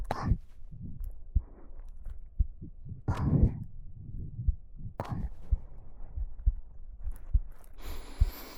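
Adult heartbeat with gentle patting and rustling, ASMR style, for sleep. Normal heartbeat.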